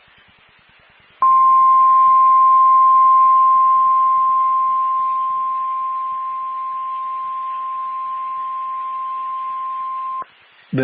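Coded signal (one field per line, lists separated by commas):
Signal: Emergency Alert System (SAME) tones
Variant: 1050 Hz attention tone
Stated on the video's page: Four fire warnings for Amarillo, Texas, recorded with full EAS tones on a critical fire weather day.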